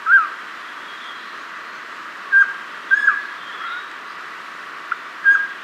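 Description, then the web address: Crested quetzal giving short whistled call notes at irregular intervals, one doubled, with a soft steady hiss behind. Ecuador. "Birds of Ecuador. Crested Quetzal"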